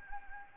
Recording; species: mosquito wingbeat signal from an infrared sensor; Anopheles arabiensis